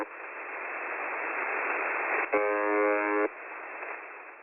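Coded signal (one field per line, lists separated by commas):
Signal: channel marker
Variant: UVB-76, The Buzzer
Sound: steady radio hiss, then one harsh low buzz lasting about a second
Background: radio static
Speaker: Basically, in one or two sentences, it's a channel marker that sounds like this.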